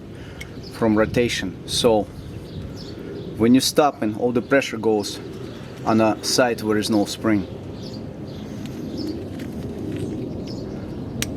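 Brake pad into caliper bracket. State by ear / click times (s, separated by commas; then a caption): seated / 11.2 s. A metal brake pad with its retaining spring is pushed into the caliper bracket on a car while someone talks. The pad seats with one sharp metallic knock at 11.2 s.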